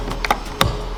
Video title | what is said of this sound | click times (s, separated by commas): The New 2021 Rolls Royce Wraith With The Best Interior Star Ceiling Lighting - Lamborghini Avantador | okay once you hear that little clicking that means it's in safe | 0.6 s